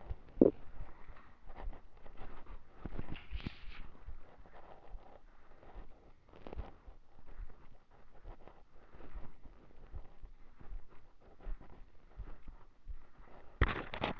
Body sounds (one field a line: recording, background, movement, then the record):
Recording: deep breathing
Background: quiet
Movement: walking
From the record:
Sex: female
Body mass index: 21.8 kg/m2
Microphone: on the chest, facing the body